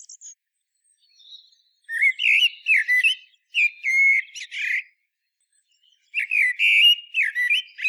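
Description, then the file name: Common blackbird singing rich, low fluted whistles mixed with thin high twitters, two long phrases separated by a pause of over a second. "Turdus merula"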